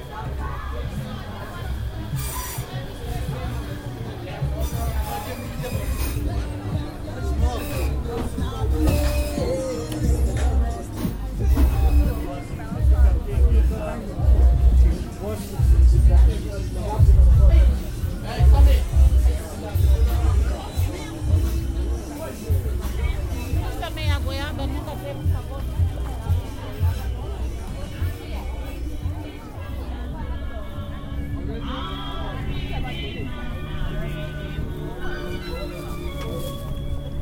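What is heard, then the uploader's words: Busy street sound on Electric Avenue in Brixton, with people talking over a constant crowd murmur. A low, thumping rumble grows louder between about 10 and 20 seconds, then eases while the chatter carries on steadily to the end. To Brixton (Electric Avenue). Took the train and tube to Brixton, arriving in Electric Avenue.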